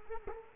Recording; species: mosquito wingbeat signal from an infrared sensor; Culex quinquefasciatus